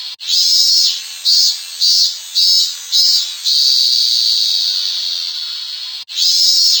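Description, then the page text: Robust cicada song: five loud buzzy pulses about half a second apart, then a long sustained drone that slowly fades, cut short and restarting near the end. "ミンミンゼミの鳴き声-sound-HIRingtone"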